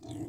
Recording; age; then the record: pig call; weaner (32 to 43 days)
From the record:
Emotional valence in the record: negative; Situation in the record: negative conditioning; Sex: female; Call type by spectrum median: low-frequency call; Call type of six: low-frequency stable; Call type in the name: low-frequency stable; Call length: 0.29 s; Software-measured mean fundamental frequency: 62 Hz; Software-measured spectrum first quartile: 222 Hz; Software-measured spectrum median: 343 Hz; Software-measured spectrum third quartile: 1043 Hz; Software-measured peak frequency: 314 Hz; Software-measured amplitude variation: 146 dB a second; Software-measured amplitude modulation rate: 17.3 a second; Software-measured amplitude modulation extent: 8.4 dB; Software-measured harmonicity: 4.5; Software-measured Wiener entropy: -1.15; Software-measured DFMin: 1264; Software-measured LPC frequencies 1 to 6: 319, 2019, 3492, 4081, 4901, 5929 Hz